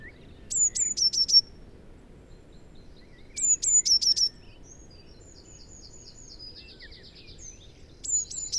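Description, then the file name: Eurasian blue tit gives high, thin falling notes ending in a quick trill, three phrases, with a separate buzzy trill between them. "Cyanistes caeruleus"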